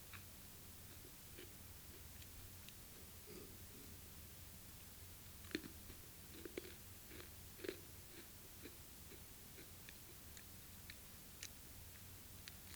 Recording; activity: daily activity, guitar pickup as the sensor; eat